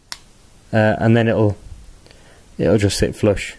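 The inner barrel of a KWA MP9 airsoft gas-blowback machine pistol, which sat slightly proud because it was not fully in, is pushed home with a finger into the gun's upper/receiver assembly during reassembly. A sharp snap-like click is heard at 0.1 s, then someone talks. The barrel is seated and the part now sits flush.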